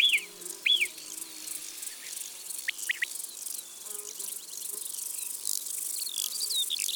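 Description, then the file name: Alpine marmot giving two sharp, high whistles in quick succession near the start, followed by scattered bird chirps and a steady high insect hiss. Isère, France. "Marmotte-Concerts-naturels-de-l Isere-Studio-Les-Trois-Becs"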